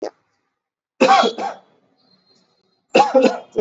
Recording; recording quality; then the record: heavy voluntary cough; moderate, slight background noise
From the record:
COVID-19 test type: RT-PCR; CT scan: not taken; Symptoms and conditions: cough, cold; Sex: male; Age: 21 years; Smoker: no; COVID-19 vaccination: both doses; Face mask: worn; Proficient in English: yes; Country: India